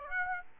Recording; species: mosquito wingbeat signal from an infrared sensor; Aedes aegypti